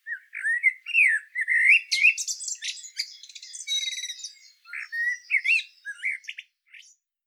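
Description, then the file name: Common blackbird warbling: rising and falling fluty notes interwoven with high squeaks and a brief buzzy trill, ending in short chirps. "Turdus merula"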